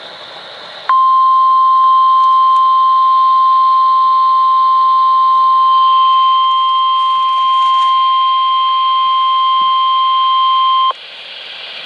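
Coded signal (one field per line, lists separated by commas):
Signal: Emergency Alert System (SAME) tones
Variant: 1050 Hz attention tone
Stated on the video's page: Severe thunderstorm warning from NOAA weather radio.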